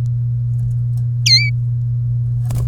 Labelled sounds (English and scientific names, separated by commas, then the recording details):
Domestic Canary (Serinus canaria) song
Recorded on 30 April 2018 at 14:39
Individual llb3